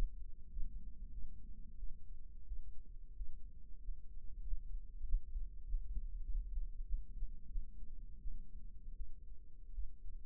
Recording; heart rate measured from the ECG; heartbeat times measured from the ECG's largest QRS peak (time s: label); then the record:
heart sounds by microphone in the right ear; 91 bpm
0.52 s: heartbeat
1.13 s: heartbeat
1.79 s: heartbeat
2.48 s: heartbeat
3.17 s: heartbeat
3.83 s: heartbeat
4.46 s: heartbeat
5.07 s: heartbeat
5.67 s: heartbeat
6.27 s: heartbeat
6.87 s: heartbeat
7.51 s: heartbeat
8.23 s: heartbeat
8.97 s: heartbeat
9.74 s: heartbeat
From the record:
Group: healthy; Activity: rest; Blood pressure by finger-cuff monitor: 164/61 mmHg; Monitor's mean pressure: 86 mmHg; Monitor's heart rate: 95 bpm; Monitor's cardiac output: 9.8 L/min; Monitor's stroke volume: 103 mL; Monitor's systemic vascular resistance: 620 dyn s/cm5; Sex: female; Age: 37 years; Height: 168 cm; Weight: 70 kg